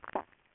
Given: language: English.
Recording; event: throat vibration sensor signal played as sound; swallow